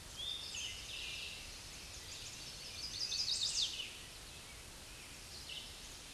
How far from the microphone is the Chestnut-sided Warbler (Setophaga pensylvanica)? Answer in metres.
about 15 m